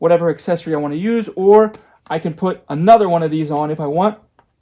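A plastic extension tube for a handheld steam cleaner is handled next to another extension tube it will be pushed and slid onto until it clicks. Someone talks almost throughout, and a faint tick follows near the end. Nothing has seated or clicked yet.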